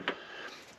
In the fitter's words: so I've got a nut to put on the bottom of it and then this actually Clips in just like that